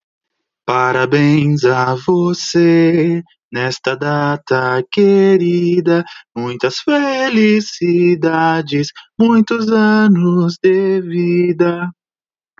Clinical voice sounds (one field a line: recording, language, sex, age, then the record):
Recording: short text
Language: Brazilian Portuguese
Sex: male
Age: 30 to 39 years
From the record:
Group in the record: control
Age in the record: 36 years